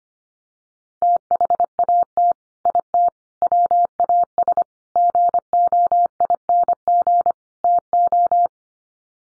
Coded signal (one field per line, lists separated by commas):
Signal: Morse code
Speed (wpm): 25 wpm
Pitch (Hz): 700 Hz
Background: none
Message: THAT IT WAS GOING TO